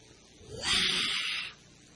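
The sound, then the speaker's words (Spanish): An anaconda hisses at a man once in a sustained, breathy burst lasting nearly a second, rising quickly and fading out, with no voices present. “Hay una anaconda que está ahí echándome gas.”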